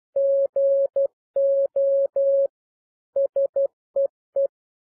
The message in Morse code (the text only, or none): GO SEE